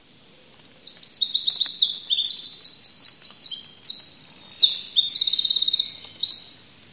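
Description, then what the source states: Eurasian wren song: a loud, rapid outpouring of high, ringing notes and fast rattling trills, lasting about six seconds with no pause. Among the spring birds arriving.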